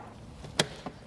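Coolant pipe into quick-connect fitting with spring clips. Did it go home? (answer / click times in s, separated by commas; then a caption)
yes / 0.6 s. A coolant pipe on a Mercedes W204 C63 is pushed into its quick-connect fitting, which is held by a spring clip on each side. A sharp click at 0.6 s marks the pipe seating, followed by a fainter tick at 0.9 s. The pipe is seated in the fitting.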